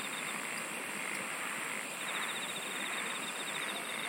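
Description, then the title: Insects calling with a fast, ticking trill that strengthens midway and carries on steadily, over a continuous hissing background. "SINGING OF INSECTS"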